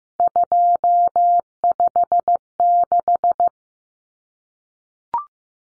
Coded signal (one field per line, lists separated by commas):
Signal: Morse code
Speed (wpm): 15 wpm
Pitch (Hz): 700 Hz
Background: none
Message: 256